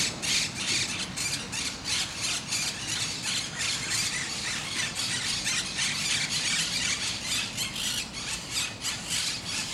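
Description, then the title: Parakeets screeching in fast, dense bursts of harsh squawks throughout. Recorded in Parc de Forest, Saint-Gilles, Belgium, with a Sony PCM-D100 using its internal microphones in wide position. "Parc de Forest, 1060 Saint-Gilles, Belgique - Parakeets - Perruches"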